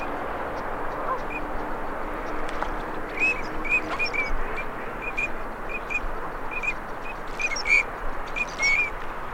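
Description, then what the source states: Duck calls: short, thin, high whistled notes repeated irregularly, often in quick pairs, over a steady broad rushing background noise. Male and female migratory ducks.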